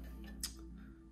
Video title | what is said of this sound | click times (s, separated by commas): First PC Build! MSI MAG X570 Tomahawk, Ryzen 5600X, NVIDIA GeForce RTX 3070 | all right i heard a click | 0.4 s